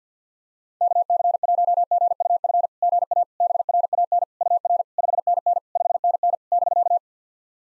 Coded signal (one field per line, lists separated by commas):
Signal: Morse code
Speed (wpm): 54 wpm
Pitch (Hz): 700 Hz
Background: none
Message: KC1GUF GA BRAN UR 5NN 5NN <BK>